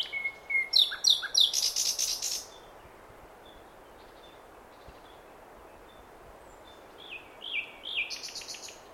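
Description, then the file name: Common nightingale singing: a sharp repeated whistled phrase and a loud buzzy burst, a long quiet gap, then a few more notes and another buzzy phrase. "Luscinia megarhynchos"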